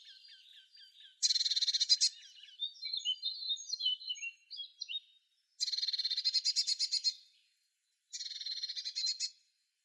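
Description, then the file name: Eurasian blue tit giving three buzzy, pulsed churring calls, interspersed with a jumble of softer high chips and twittering notes. "Cyanistes caeruleus"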